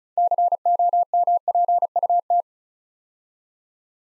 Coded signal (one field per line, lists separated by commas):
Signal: Morse code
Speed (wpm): 34 wpm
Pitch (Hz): 700 Hz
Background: none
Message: COMPUT